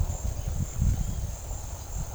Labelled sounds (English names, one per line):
none